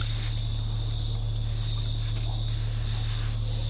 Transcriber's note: whispered background discussion while explains to another devotee about using the tape recorder